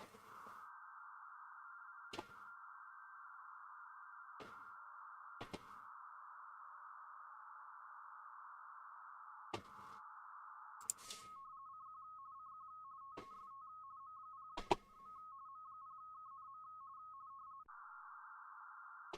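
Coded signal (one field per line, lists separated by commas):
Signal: RTTY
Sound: band-limited hiss, then a rapid two-tone warbling teletype signal, with occasional sharp clicks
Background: radio static, clicks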